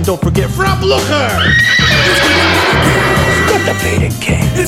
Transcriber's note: horse whinny